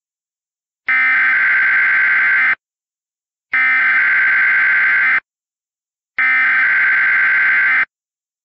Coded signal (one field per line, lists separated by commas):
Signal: Emergency Alert System (SAME) tones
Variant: header bursts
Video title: *VALID TONES* Snownado (EAS Scenario)